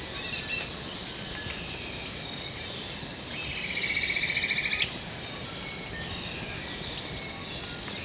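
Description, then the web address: White-throated spadebill, one sharp buzzy trill held on a high pitch, set against constant high insect noise and faint chirps. Recorded in Ecuador. "S America Birds of Ecuador. White-Throated Spadebill"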